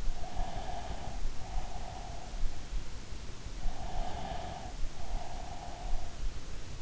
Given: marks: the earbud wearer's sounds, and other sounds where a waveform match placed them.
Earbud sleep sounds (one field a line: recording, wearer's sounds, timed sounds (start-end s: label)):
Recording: sounds in sleep by an in-ear microphone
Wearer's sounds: breath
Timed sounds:
0.24-2.57 s: breath
3.77-6.23 s: breath